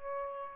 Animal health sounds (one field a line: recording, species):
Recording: mosquito wingbeat signal from an infrared sensor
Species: Aedes albopictus